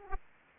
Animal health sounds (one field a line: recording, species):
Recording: mosquito wingbeat signal from an infrared sensor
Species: Aedes aegypti